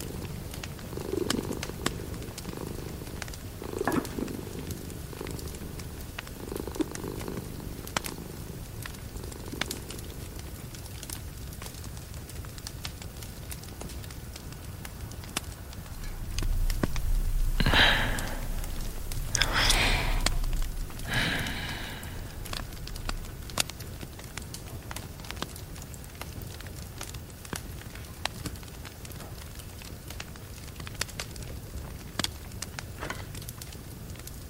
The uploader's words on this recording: Autumn cuddles with your boyfriend and kitten with rain and fire in the background.